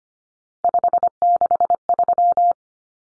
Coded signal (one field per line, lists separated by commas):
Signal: Morse code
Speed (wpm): 25 wpm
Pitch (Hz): 700 Hz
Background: none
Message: 563